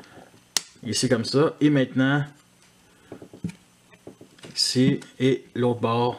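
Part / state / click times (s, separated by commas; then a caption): plastic head panel onto the figure's pegs / seated / 0.6 s. A plastic gorilla-head panel of an action figure is pressed onto two pegs through holes on its edges, and it clips into place with a sharp click at 0.6 s. Someone talks before and after, and a few faint taps follow between 3.1 and 4.4 s.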